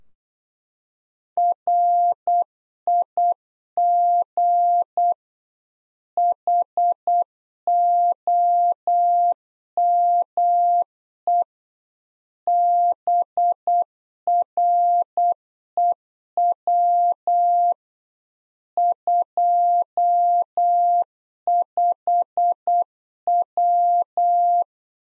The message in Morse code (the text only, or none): RIG HOME BREW 25W